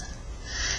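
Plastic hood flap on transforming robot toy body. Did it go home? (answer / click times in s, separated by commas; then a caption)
no / none. The plastic hood flap on a Transformers Prime Bulkhead action figure's robot body is flipped down over the lower body during transformation. Only a low, steady hiss is heard, growing slightly brighter after about 0.5 seconds, with no sharp transient. The hood does not snap into place and just hangs there; nothing has clicked.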